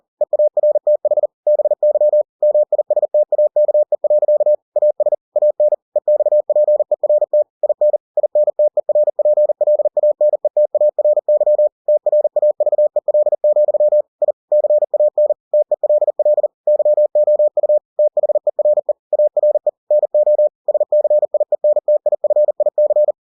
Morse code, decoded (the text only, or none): EARTH BY MISTAKE. AS AN EXPERT IN INTERPLANETARY TRAVEL, I CAN TELL YOU THERE ARE NO SCIENTIFIC